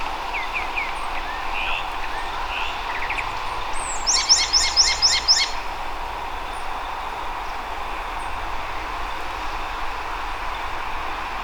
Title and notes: Mirla Blanca o Sinsonte (Mimus gilvus). Bogotá, octubre del año 2024. en horas de la mañana